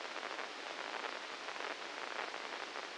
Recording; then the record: brain microelectrode recording played as sound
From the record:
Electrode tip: inside the subthalamic nucleus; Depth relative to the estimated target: -2 mm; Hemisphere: left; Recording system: NeuroSet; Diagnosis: Parkinson's disease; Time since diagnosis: 9 years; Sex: male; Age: 61 years